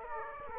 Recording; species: mosquito wingbeat signal from an infrared sensor; Aedes aegypti